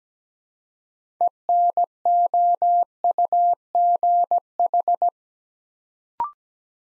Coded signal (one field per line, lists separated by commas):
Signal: Morse code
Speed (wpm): 17 wpm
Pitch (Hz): 700 Hz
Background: none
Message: ENOUGH